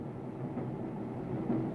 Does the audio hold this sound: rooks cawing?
no